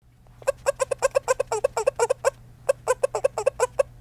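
Frog calling in quick trains of short, harsh croaking pulses, with a brief pause midway before the series resumes; a low steady hum underneath.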